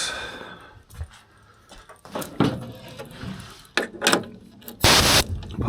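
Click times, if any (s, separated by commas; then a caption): 3.8 s. A plasma torch lead connector is pushed into its socket on the front of a new Harbor Freight 65A plasma cutter, with rattling and handling noises before it. It pops into place with a sharp, loud click at 3.8 s and is seated, followed by a few more knocks and a loud rushing burst near the end.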